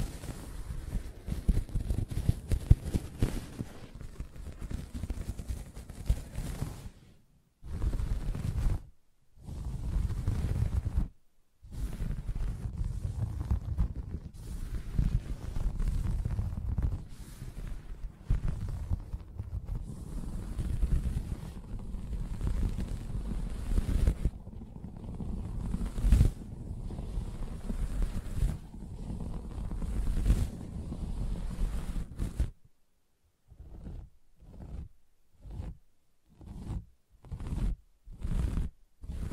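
Soft scratching on a fabric surface fills most of the clip, a dense, low, rumbling rub broken by brief pauses near eight and eleven seconds. Past thirty-three seconds it switches to a run of short, evenly spaced taps with silence between each.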